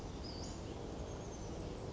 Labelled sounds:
Western Flycatcher (Empidonax difficilis)
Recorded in Sonoma County, California

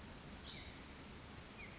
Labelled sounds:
Pacific Wren (Troglodytes pacificus)
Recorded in Sonoma County, California

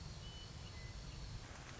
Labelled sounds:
Western Meadowlark (Sturnella neglecta)
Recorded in Sonoma County, California

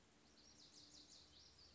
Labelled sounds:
Lazuli Bunting (Passerina amoena)
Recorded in Sonoma County, California

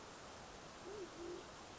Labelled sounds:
Band-tailed Pigeon (Patagioenas fasciata)
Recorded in Sonoma County, California

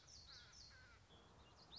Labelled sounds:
Common Yellowthroat (Geothlypis trichas)
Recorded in Sonoma County, California

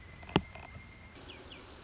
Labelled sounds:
Pileated Woodpecker (Dryocopus pileatus)
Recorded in Sonoma County, California

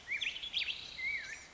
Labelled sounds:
Black-headed Grosbeak (Pheucticus melanocephalus)
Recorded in Sonoma County, California

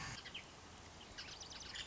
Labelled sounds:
Nuttall's Woodpecker (Dryobates nuttallii)
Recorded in Sonoma County, California

